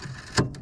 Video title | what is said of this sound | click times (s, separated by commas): Audi a6 c7 Headlight Bulb Replacement | it clicks like that and then you just need to put your plug back on | 0.4 s